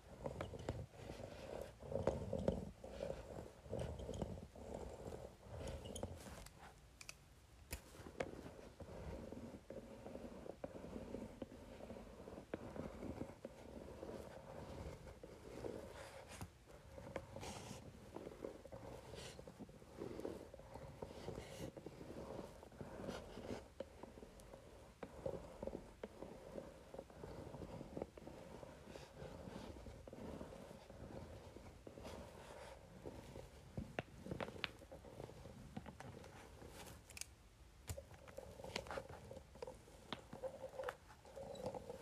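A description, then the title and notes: A facial roller runs over paper in a steady, dense, crackling rumble with a low undertone, pausing briefly near seconds 7 and 37. Facial Roller on Paper.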